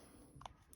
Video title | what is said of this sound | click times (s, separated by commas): BMW 1 Series E81 E82 E87 E88 key fob battery replacement keyless entry | So just give that a click into place. It should just click like that, | 0.5 s